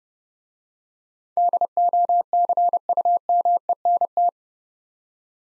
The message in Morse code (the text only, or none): DOCUMENT